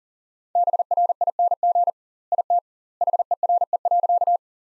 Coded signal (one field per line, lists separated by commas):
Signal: Morse code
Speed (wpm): 40 wpm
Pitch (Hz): 700 Hz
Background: none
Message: BRING IT HERE.